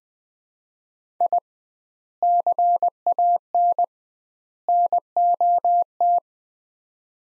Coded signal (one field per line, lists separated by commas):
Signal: Morse code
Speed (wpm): 21 wpm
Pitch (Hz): 700 Hz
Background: none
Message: I CAN NOT